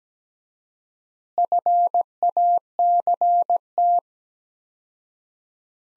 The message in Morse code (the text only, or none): FACT